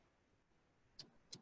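The last, yellow plastic ink cartridge is pushed into the cartridge holder of an Epson 7720 inkjet printer being converted to sublimation. Two sharp plastic clicks sound at 1.0 s and 1.3 s over a quiet low hum. The cartridge is seated.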